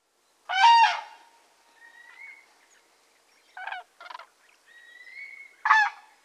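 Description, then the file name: Common crane trumpeting: a loud rolling call at the start, two shorter bursts midway and another at the end, separated by thin rising whistles. "Grue cendree"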